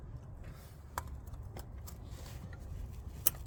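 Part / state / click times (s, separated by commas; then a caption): wiring harness connector into oil control timing solenoid / seated / 3.3 s. On a Mini Cooper S Countryman, during replacement of a faulty oil control timing solenoid (fault codes 002C58, 002D5A), the wiring harness connector is pushed back onto the rear solenoid over a low background hum. A sharp tick at about 1.0 s and a fainter one at 1.6 s come before the connector latches with a crisp click at 3.3 s, confirming it is seated.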